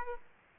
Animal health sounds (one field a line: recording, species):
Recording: mosquito wingbeat signal from an infrared sensor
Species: Aedes aegypti